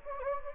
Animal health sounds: mosquito wingbeat signal from an infrared sensor; Anopheles gambiae

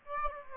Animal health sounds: mosquito wingbeat signal from an infrared sensor; Aedes aegypti

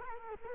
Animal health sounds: mosquito wingbeat signal from an infrared sensor; Culex quinquefasciatus

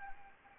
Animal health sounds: mosquito wingbeat signal from an infrared sensor; Anopheles gambiae

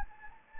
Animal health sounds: mosquito wingbeat signal from an infrared sensor; Anopheles gambiae

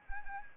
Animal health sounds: mosquito wingbeat signal from an infrared sensor; Anopheles arabiensis

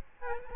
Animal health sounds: mosquito wingbeat signal from an infrared sensor; Aedes albopictus

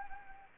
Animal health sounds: mosquito wingbeat signal from an infrared sensor; Anopheles gambiae

